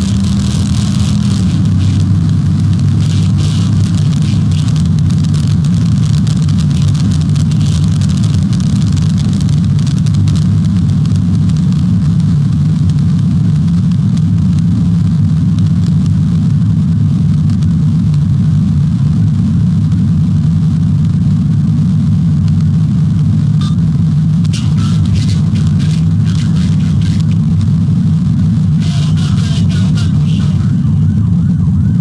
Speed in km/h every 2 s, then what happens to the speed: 171, 175, 179, 182, 182, 174, 167, 164, 158, 156, 155, 155, 158, 158, 150, 109.
0-8 speeds up to 182. 8-16 slows to 158. 16-27 steady at about 156. 27-32 brakes to 109.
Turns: none.